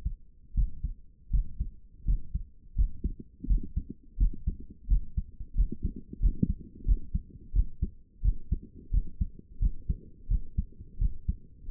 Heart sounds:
heart sounds by stethoscope; 86 bpm
0.54 s: heartbeat
1.31 s: heartbeat
2.05 s: heartbeat
2.76 s: heartbeat
3.47 s: heartbeat
4.18 s: heartbeat
4.88 s: heartbeat
5.55 s: heartbeat
6.20 s: heartbeat
6.85 s: heartbeat
7.53 s: heartbeat
8.22 s: heartbeat
8.91 s: heartbeat
9.59 s: heartbeat
10.28 s: heartbeat
10.98 s: heartbeat
11.67 s: heartbeat
From the record:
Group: healthy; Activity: breath hold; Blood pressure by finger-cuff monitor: 136/75 mmHg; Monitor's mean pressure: 97 mmHg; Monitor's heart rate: 86 bpm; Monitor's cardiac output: 7.9 L/min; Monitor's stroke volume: 92 mL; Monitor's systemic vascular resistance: 860 dyn s/cm5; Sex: female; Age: 22 years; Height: 154 cm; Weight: 58.7 kg

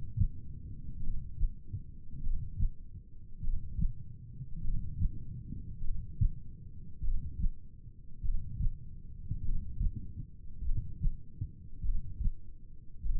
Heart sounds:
heart sounds by stethoscope; 50 bpm
1.04 s: heartbeat
2.25 s: heartbeat
3.45 s: heartbeat
4.64 s: heartbeat
5.85 s: heartbeat
7.05 s: heartbeat
8.26 s: heartbeat
9.46 s: heartbeat
10.66 s: heartbeat
11.86 s: heartbeat
13.07 s: heartbeat
From the record:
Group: heart failure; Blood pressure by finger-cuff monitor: 95/57 mmHg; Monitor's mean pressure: 70 mmHg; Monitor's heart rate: 50 bpm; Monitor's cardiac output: 3.9 L/min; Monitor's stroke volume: 78 mL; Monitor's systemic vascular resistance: 1280 dyn s/cm5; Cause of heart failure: cardiac sarcoid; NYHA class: 1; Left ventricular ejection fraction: 39%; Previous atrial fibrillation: present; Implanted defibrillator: present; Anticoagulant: apixaban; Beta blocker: carvedilol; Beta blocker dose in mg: 50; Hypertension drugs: ramipril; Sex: male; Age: 79 years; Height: 184 cm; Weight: 92.5 kg

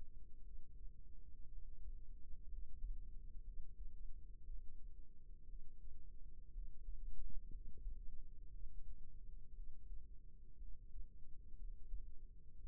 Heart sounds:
heart sounds by microphone in the right ear; 59 bpm
0.40 s: heartbeat
1.45 s: heartbeat
2.46 s: heartbeat
3.41 s: heartbeat
4.41 s: heartbeat
5.42 s: heartbeat
6.49 s: heartbeat
7.48 s: heartbeat
8.48 s: heartbeat
9.51 s: heartbeat
10.55 s: heartbeat
11.55 s: heartbeat
12.56 s: heartbeat
From the record:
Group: healthy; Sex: female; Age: 37 years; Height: 168 cm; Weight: 70 kg

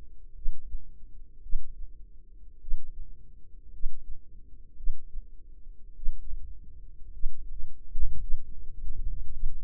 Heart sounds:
heart sounds by microphone in the left ear; 53 bpm
0.34 s: heartbeat
1.41 s: heartbeat
2.59 s: heartbeat
3.71 s: heartbeat
4.75 s: heartbeat
5.94 s: heartbeat
7.11 s: heartbeat
8.19 s: heartbeat
9.32 s: heartbeat
From the record:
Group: healthy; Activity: rest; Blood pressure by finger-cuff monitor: 89/52 mmHg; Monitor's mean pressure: 63 mmHg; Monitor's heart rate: 53 bpm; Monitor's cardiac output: 4.7 L/min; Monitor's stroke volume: 88 mL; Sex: female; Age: 36 years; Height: 163 cm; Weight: 88 kg

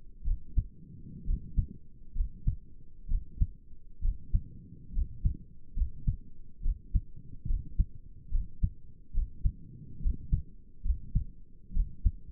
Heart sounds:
heart sounds by stethoscope; 68 bpm
0.25 s: heartbeat
1.26 s: heartbeat
2.16 s: heartbeat
3.09 s: heartbeat
4.03 s: heartbeat
4.94 s: heartbeat
5.77 s: heartbeat
6.63 s: heartbeat
7.48 s: heartbeat
8.32 s: heartbeat
9.15 s: heartbeat
10.03 s: heartbeat
10.85 s: heartbeat
11.75 s: heartbeat
From the record:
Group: healthy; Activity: rest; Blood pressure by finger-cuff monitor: 83/57 mmHg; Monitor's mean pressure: 69 mmHg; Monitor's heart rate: 68 bpm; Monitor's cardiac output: 5.8 L/min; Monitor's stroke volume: 91 mL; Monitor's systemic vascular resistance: 790 dyn s/cm5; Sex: male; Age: 22 years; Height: 181 cm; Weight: 79 kg

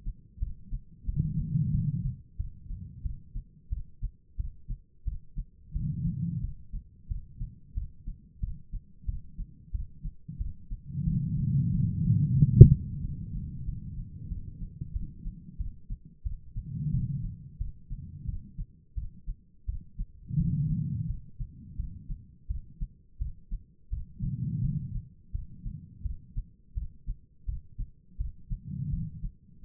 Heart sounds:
heart sounds by stethoscope; 88 bpm
0.39 s: heartbeat
1.06 s: heartbeat
1.71 s: heartbeat
2.37 s: heartbeat
3.02 s: heartbeat
3.69 s: heartbeat
4.37 s: heartbeat
5.04 s: heartbeat
5.73 s: heartbeat
6.41 s: heartbeat
7.08 s: heartbeat
7.74 s: heartbeat
8.40 s: heartbeat
9.06 s: heartbeat
9.72 s: heartbeat
10.38 s: heartbeat
11.05 s: heartbeat
11.71 s: heartbeat
12.37 s: heartbeat
13.01 s: heartbeat
13.65 s: heartbeat
14.29 s: heartbeat
14.93 s: heartbeat
15.58 s: heartbeat
16.24 s: heartbeat
16.91 s: heartbeat
17.58 s: heartbeat
18.26 s: heartbeat
18.95 s: heartbeat
19.66 s: heartbeat
20.37 s: heartbeat
21.07 s: heartbeat
21.76 s: heartbeat
22.47 s: heartbeat
23.18 s: heartbeat
23.90 s: heartbeat
24.61 s: heartbeat
25.32 s: heartbeat
26.03 s: heartbeat
26.74 s: heartbeat
27.46 s: heartbeat
28.17 s: heartbeat
28.90 s: heartbeat
29.62 s: heartbeat
From the record:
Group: healthy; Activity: rest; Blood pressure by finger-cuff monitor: 151/103 mmHg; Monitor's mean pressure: 120 mmHg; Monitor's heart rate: 89 bpm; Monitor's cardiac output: 5.2 L/min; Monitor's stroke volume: 59 mL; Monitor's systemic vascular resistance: 1730 dyn s/cm5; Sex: female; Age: 51 years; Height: 162 cm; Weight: 70.04 kg

